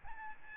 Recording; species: mosquito wingbeat signal from an infrared sensor; Aedes albopictus